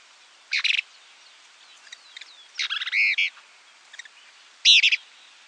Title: LuckyPassaro Completos2Sama. Plain-crested Elaenia (Elaenia cristata cristata)